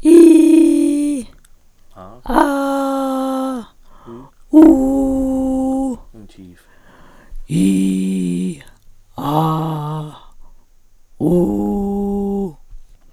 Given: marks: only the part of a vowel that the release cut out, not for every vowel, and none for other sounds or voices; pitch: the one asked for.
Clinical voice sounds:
sustained vowels; female; 60 to 69 years; 3; 3; 2
0.28-1.12 s: vowel /i/, high pitch
2.44-3.48 s: vowel /a/, high pitch
4.70-5.83 s: vowel /u/, high pitch
7.64-8.44 s: vowel /i/, low pitch
9.31-9.96 s: vowel /a/, low pitch
11.34-12.39 s: vowel /u/, low pitch
From the record:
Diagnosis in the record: recurrent laryngeal nerve paralysis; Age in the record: 61 years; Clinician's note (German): Frische mit unvollständiger hyperfunktioneller Kompensation nach Elektrotherapie

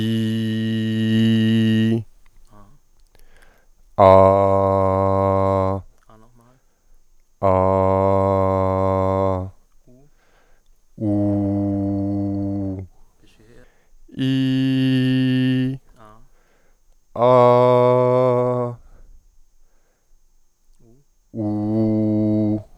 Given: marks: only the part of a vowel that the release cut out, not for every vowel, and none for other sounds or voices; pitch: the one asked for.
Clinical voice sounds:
sustained vowels; male; 20 to 29 years; 0; 0; 0
0.00-1.88 s: vowel /i/, normal pitch
7.51-9.29 s: vowel /a/, normal pitch
11.09-12.66 s: vowel /u/, normal pitch
14.26-15.62 s: vowel /i/, high pitch
17.27-18.60 s: vowel /a/, high pitch
21.44-22.51 s: vowel /u/, high pitch
From the record:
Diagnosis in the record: healthy voice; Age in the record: 25 years

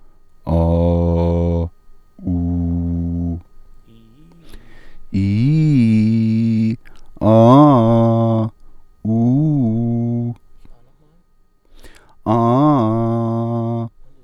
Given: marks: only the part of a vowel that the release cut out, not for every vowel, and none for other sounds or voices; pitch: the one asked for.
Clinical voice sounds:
sustained vowels; male; 30 to 39 years; 0; 0; 0
0.58-1.58 s: vowel /a/, low pitch
2.33-3.31 s: vowel /u/, low pitch
5.25-6.62 s: vowel /i/, low-high-low pitch
9.10-10.25 s: vowel /u/, low-high-low pitch
12.37-13.78 s: vowel /a/, low-high-low pitch
From the record:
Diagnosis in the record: healthy voice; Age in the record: 38 years

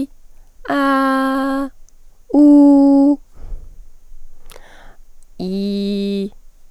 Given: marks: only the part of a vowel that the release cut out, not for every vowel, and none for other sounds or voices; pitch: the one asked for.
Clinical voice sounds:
sustained vowels; female; 20 to 29 years; 0; 0; 0
0.84-1.53 s: vowel /a/, high pitch
2.39-3.01 s: vowel /u/, high pitch
5.47-6.20 s: vowel /i/, low pitch
From the record:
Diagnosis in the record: healthy voice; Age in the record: 21 years

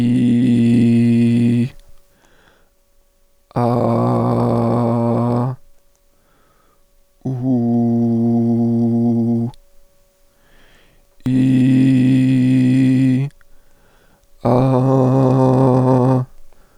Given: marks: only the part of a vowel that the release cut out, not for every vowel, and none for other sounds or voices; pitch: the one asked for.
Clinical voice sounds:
sustained vowels; male; 30 to 39 years; 2; 2; 2
0.00-1.48 s: vowel /i/, normal pitch
3.64-5.36 s: vowel /a/, normal pitch
7.62-9.36 s: vowel /u/, normal pitch
11.46-13.10 s: vowel /i/, high pitch
14.62-16.06 s: vowel /a/, high pitch
From the record:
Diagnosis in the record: functional dysphonia, contact pachydermia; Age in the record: 37 years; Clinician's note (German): Kontaktpachydermie ohne "Kontaktpachydermie"

